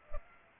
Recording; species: mosquito wingbeat signal from an infrared sensor; Culex pipiens